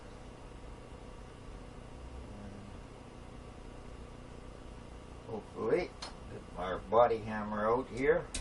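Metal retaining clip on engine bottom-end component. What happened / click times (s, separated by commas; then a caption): The retaining clip is only being positioned; it has not seated yet / none. A small metal retaining clip is lined up on an engine bottom-end component before a body hammer is fetched to tap it home. A steady low background hum runs for about five seconds, then someone talks. The clip has not seated or clicked yet.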